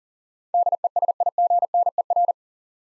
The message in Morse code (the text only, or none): DESIGNER